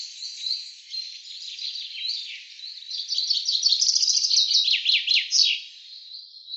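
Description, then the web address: Common chaffinch song, a falling, accelerating run of notes ending in a flourish, after a stretch of softer twittering. "cianscape birddata Deverinetal 2025 File cleaned normalized Bird Fr Co"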